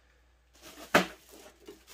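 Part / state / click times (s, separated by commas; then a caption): plastic lens channel into LED shop light housing / seated / 0.9 s. A plastic lens/diffuser channel is being popped out of the metal housing of a Koda 46" LED shop light from Costco, part of a fix so the light doesn't interfere with 5GHz WiFi. After quiet and some handling rustle, it is let go and snaps back into its seat with one sharp, bright click at 0.9 s, then more soft handling. The channel is seated back in the housing.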